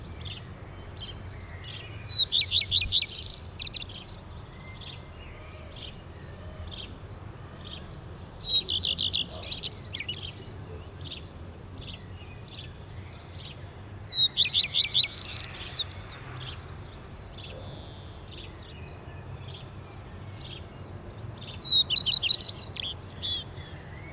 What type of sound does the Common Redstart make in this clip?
song